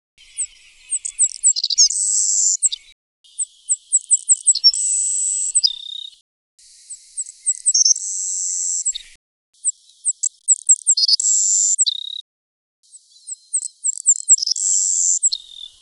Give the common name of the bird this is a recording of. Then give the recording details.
Savannah Sparrow. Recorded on Kent Island, New Brunswick, in 2008